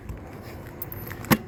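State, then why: Seated. An appliance door or cover on the kitchen unit of a 2022 Chausson 644 Titanium Premium motorhome is pushed shut. A few faint taps come first, then a sharp click at 1.3 s as the latch locks it in place.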